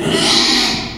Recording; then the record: squeal of a Yucatan mini pig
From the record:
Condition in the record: after surgery on the right vocal fold (resection and tissue-engineered implant); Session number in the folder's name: 2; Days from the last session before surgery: 13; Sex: male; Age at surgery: 12 weeks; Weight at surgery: 13 kg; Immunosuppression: cyclosporine, prednisolone